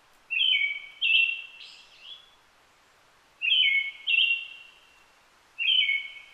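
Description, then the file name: Brown-headed thrush song: phrases of paired whistled notes ending in a soft trailing tail, repeated every few seconds, with one brief higher sweep after the first phrase. Recorded 29 June 2009 at 17:46. "akahara 20090629-1746"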